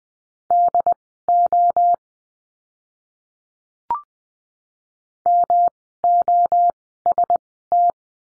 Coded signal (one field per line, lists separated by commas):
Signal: Morse code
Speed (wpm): 20 wpm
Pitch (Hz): 700 Hz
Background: none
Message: DO MOST